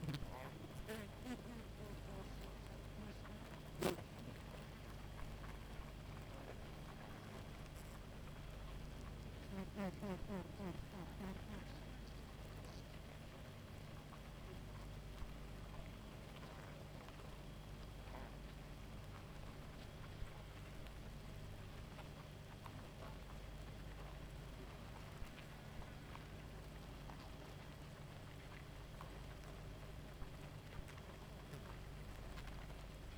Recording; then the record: honeybee colony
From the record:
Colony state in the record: active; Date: 28 July 2017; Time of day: 0:17